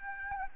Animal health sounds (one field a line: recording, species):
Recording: mosquito wingbeat signal from an infrared sensor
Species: Aedes albopictus